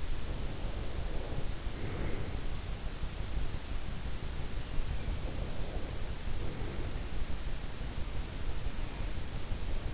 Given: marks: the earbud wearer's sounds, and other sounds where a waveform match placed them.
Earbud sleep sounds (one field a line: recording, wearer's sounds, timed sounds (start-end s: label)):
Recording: sounds in sleep by an in-ear microphone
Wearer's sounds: breath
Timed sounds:
0.00-2.81 s: breath
4.95-6.93 s: breath